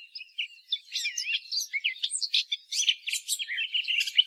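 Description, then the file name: Eurasian blackcap giving a continuous bright warble, rich twisting notes tumbling quickly one after another, steady in loudness throughout. "Sylvia atricapilla"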